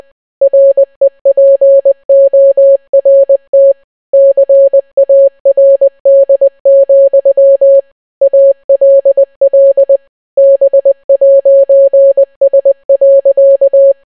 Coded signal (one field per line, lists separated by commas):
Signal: Morse code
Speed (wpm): 20 wpm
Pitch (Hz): 550 Hz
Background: none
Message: REPORT CARD, ALL B'S.